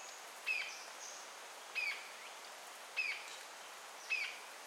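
Green-tailed jacamar giving single thin downslurred notes, four calls spaced about 1.2 seconds apart over a constant background hiss.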